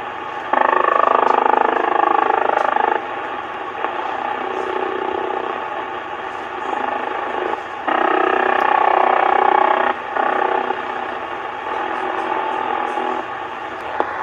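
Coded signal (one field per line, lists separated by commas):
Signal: radar signal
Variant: over-the-horizon radar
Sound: raspy rapid buzzing pulse train through a radio, in long stretches broken by brief gaps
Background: radio static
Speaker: that little clip there was from my icom in the house i've heard that sound before somebody else on youtube had put it up like four years ago and it sounds like an over the horizon radar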